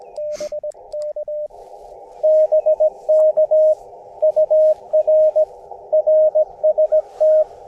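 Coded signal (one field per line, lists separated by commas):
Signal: Morse code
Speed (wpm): 20 wpm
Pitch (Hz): 590 Hz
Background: radio noise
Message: BK BK UR RST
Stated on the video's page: QRP CW park activation with an Elecraft KX2, telescopic whip antenna and BaMaKeY TP-III paddle, with birdsong in the background.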